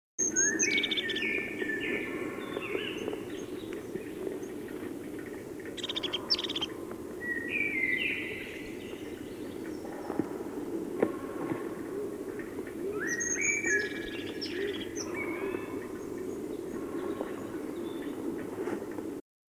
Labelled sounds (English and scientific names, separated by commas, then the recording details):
European Crested Tit (Lophophanes cristatus) song
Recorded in the wild
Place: Schorfheide, Brandenburg, DE
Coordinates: 52.907, 13.531
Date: 1989-04-16
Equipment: Nagra III BH, Sennheiser MD 21, parabola
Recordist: Schubert, Michael
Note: Gesang Haubenmeise